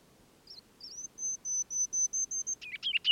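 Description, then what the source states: Ruby-crowned kinglet song opening with very high thin repeated notes steadily growing louder, then breaking into quick lower warbled phrases. Northern forest; bird sang from a fir limb about 20 feet up during a continual aerial display at lunchtime, flitting out 4-5 feet, somersaulting and hovering before returning; recording left raw, unmastered.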